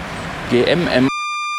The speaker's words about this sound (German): Ja, die Kennzeichen muss ich gleich alle piepsen.